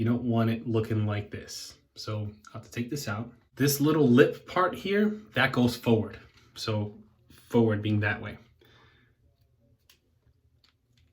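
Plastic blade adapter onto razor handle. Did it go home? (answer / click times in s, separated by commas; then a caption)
yes / 9.9 s. Someone talks, then a plastic blade adapter is pushed back onto a HeadBlade Moto razor handle with its lip facing forward. It snaps on with a small click at 9.9 s and is seated securely.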